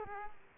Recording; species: mosquito wingbeat signal from an infrared sensor; Culex quinquefasciatus